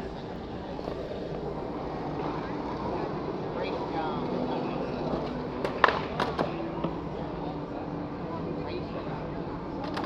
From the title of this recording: Washington Square Park